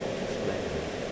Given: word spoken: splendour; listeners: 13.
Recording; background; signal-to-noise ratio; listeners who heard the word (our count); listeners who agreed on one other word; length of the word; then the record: one English word in noise, from a listening test; speech-shaped noise; -6.8 dB; 0 of 13; 6 of 13; 0.72 s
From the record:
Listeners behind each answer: 6, 2, 1, 1, 1, 1, 1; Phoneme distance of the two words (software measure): 45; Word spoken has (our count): 2 syllables, 8 phonemes, stress on syllable 1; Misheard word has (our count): 2 syllables, 7 phonemes, stress on syllable 2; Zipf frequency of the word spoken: 3.36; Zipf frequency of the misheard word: 4.83